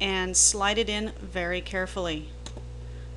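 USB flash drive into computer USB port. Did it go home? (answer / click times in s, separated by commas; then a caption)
yes / 2.5 s. A USB flash drive is lined up with a computer's USB port and slid in carefully while someone talks. A short, sharp snap at 2.5 s marks the drive seating in the port. The drive lights up to show it is correctly placed.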